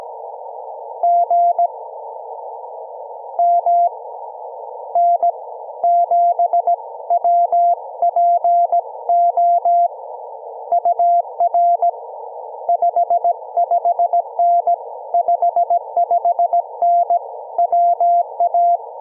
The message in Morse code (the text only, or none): GM N7WPO UR 55N 55N WA